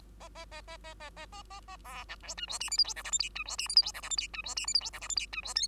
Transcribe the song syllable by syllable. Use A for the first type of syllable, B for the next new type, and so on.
A A A A A A A A A A B C D E F G H I J K L M N E F G H I J K L M N E F G H I J K L M N E F O